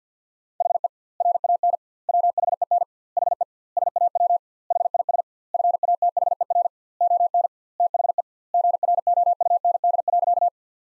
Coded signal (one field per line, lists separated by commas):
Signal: Morse code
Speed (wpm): 50 wpm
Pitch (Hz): 700 Hz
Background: none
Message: HE RAN WHEN HE SAW HIS FATHER ON THE GROUND.